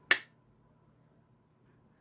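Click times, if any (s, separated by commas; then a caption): 0.1 s. A plastic adapter plate, lined up at the back of a robot chassis, is pushed in until it seats with a single loud, sharp click at 0.1 s. The snap decays within about a quarter second, leaving a low steady hum for the rest of the clip.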